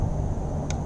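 A click-type torque driver set to 13 ft-lb tightens a spark plug in the cylinder head of a Jeep Grand Cherokee WK2. Over a steady low rumble, the driver gives one sharp click at 0.7 s as it breaks over, confirming the plug has reached its torque setting.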